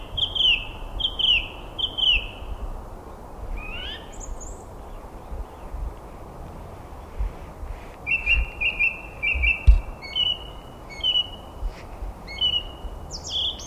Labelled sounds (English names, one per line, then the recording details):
Song Thrush song
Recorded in the wild
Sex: male
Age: adult
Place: Garmisch-Partenkirchen, Bayern, DE
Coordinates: 47.4944, 11.1631
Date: 1962-04-22
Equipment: Stellavox SM 5, AKG D19-200, Vorverstärker, Original, Vollspur
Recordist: Tretzel, Erwin